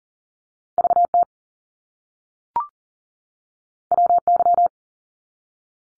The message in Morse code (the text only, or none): VT WY